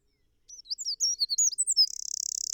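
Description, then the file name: Eurasian wren song of high tumbling whistled notes leading into a fast, steady buzzing trill. "Troglodytes troglodytes"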